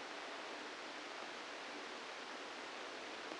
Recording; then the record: brain microelectrode recording played as sound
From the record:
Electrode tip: inside the subthalamic nucleus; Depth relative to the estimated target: 0 mm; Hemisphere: left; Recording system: NeuroSet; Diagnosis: Parkinson's disease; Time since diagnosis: 8 years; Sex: male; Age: 65 years